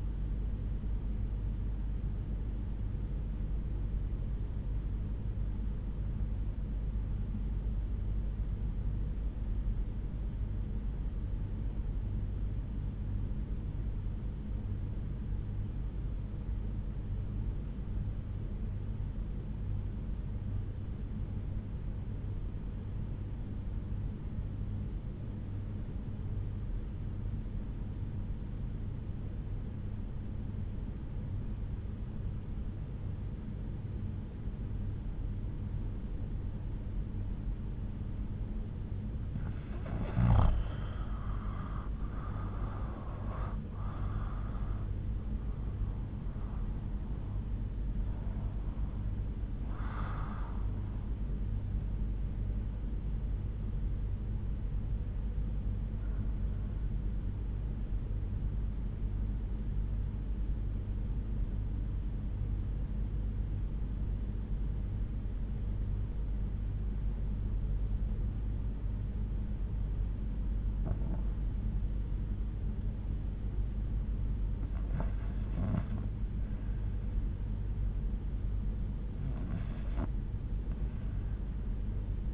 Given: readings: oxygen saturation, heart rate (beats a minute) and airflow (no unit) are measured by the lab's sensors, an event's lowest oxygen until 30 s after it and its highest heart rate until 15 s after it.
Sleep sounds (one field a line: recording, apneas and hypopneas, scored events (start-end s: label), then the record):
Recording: breathing in sleep by a smartphone at the bedside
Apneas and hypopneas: 2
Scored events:
3.00-39.70 s: obstructive apnea (N1, oxygen 97% highest, then 77% lowest, heart rate 62 at the start, 82 highest)
17.00-82.34 s: new sleep stage, REM sleep
61.00-75.60 s: obstructive apnea (REM, oxygen 96% highest, then 84% lowest, heart rate 62 at the start, 74 highest)
From the record:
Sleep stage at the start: N1 (lightest sleep)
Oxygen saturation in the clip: 77 to 97%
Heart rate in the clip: 61 to 82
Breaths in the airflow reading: 6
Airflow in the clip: -10.1 to 10.4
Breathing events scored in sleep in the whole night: 368 in 8.0 hours asleep